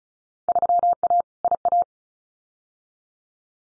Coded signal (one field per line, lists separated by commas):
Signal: Morse code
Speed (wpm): 36 wpm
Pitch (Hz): 700 Hz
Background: none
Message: 3A IA